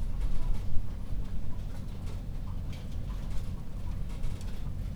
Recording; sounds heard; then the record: poultry house recording; healthy chickens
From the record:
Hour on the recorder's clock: 21